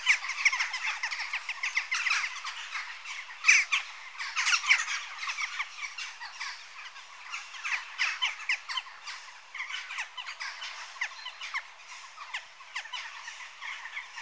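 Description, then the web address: Western jackdaw flock giving harsh, clipped chack calls, many birds overlapping in a busy, continuous chatter with louder bursts around three to five seconds. Adult birds. "BBC Sound Effects Library (Birds) Jackdaw (Corvus Monedula) Adults"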